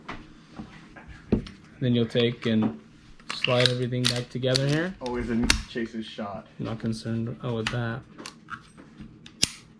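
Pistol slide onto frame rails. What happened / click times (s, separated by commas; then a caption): The metal slide snapped home onto its frame / 9.4 s. Someone talks while the slide assembly of a steel pistol is slid back onto the frame rails during reassembly. A sharp metallic snap at 9.4 s marks the slide seating on the frame.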